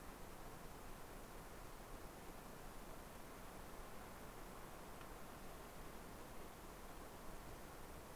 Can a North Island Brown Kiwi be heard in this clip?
no